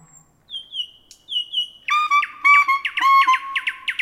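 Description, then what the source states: Common nightingale song opening with plaintive whistled notes, then bursting into loud, rich, repeated notes over a steady tone. Heard in cities.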